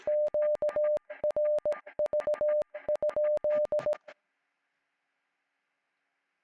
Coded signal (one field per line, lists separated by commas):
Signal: Morse code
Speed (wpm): 17 wpm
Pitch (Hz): 600 Hz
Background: music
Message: QRV?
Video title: Morse trainer F6EYO